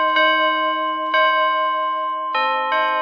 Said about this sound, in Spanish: Las campanas de la iglesia sonaron alegremente aquel día.